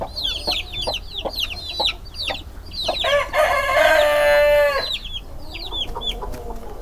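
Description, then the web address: Hungarian hen: chicken sounds: rapid high cheeping and clucks, then a rooster crows one long harmonic cock-a-doodle-doo lasting nearly two seconds, followed by more cheeps. Hungarian hen breed in a farmyard with chicks; hens clucking and a rooster crowing. "allathangok parasztudvar csibe magyartyuk kotkodakukorekolasroffentesek"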